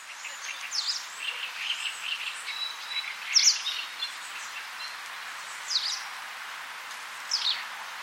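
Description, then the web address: Bird calls, high descending chirps repeated irregularly, with softer twittering notes early on and a steady hiss underneath. "cianscape birddata Deverinetal 2025"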